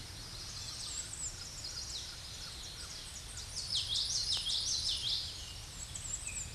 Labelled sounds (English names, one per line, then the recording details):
Common Yellowthroat song
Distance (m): 25 m
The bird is about 5 m above the microphone
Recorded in a Pennsylvania forest on 16 May 2024 at 07:21
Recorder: AudioMoth, point MSD-2320
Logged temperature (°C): 12.8 °C
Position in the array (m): 233 m, 180 m